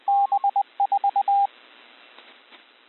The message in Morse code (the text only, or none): B4